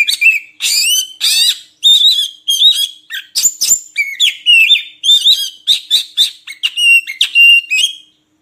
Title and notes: Kacer Jadi Gacor Siang Malam. Isian Kacer Durasi Panjang